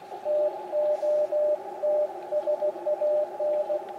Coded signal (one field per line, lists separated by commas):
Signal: Morse code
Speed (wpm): 16 wpm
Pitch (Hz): 600 Hz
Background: radio noise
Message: TOTSAN